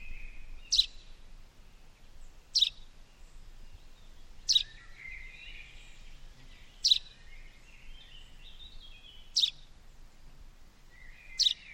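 Bird calls: short sharp high ticks every two seconds or so, six in all, over faint lower twittering and a constant low rumbling hiss.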